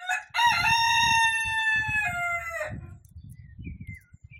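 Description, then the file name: Rooster crowing once, a long harmonic call that holds steady then drops at the end, over low rumbling background noise. "Petelin"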